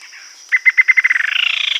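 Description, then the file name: Bird calling with separate pulsed notes that accelerate and merge into a rapid rising buzz, a steady high-pitched whine running underneath throughout. "SABIOD 50 bird 2015"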